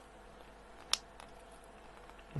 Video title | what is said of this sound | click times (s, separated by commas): Build the U 96 U boat Pack 16 Kit 64 from Hachette | you can hear clicking to place as well | 0.9 s